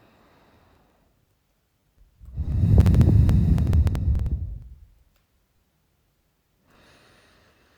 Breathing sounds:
nose breathing near a microphone
0.00-1.20 s: inhalation
2.13-4.85 s: exhalation
6.54-7.78 s: inhalation
From the record:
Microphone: phone

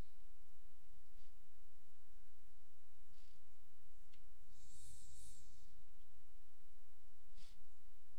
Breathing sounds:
nose breathing near a microphone
0.00-0.71 s: inhalation
4.06-5.91 s: exhalation
From the record:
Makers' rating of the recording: medium

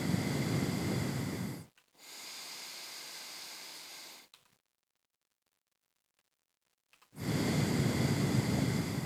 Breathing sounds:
nose breathing near a microphone
0.00-1.78 s: exhalation
1.78-4.33 s: inhalation
6.93-9.06 s: exhalation
From the record:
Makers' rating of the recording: medium

